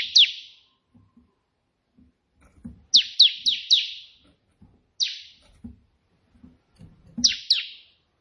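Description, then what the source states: Prinia calls: single sharp descending notes and a short series of four, spaced irregularly, with faint low knocking sounds in between. Three 'tembakan' song variations of a white prenjak, intended as tutoring material for pet prenjak birds.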